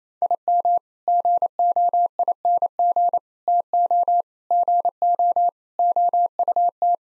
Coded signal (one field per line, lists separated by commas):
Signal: Morse code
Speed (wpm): 28 wpm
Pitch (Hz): 700 Hz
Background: none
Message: IM GOING TO GO OUT